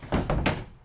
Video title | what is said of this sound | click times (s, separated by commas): Why the 2025 Brinkley Model G 3950 Is a Game-Changer for RVers - Tall Man's RV Reviews | and locks into place, and now you have a half bath, | 0.3 s, 0.5 s